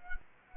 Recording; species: mosquito wingbeat signal from an infrared sensor; Culex quinquefasciatus